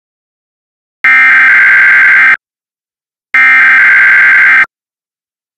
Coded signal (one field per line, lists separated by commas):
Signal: Emergency Alert System (SAME) tones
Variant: header bursts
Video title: The EAS gets nuked while giving out a test